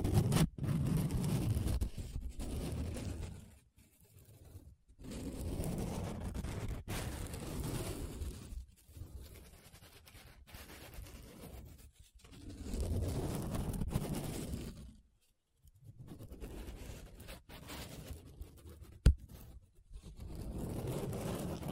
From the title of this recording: Paper Sounds Tracing, Scratching, Rubbing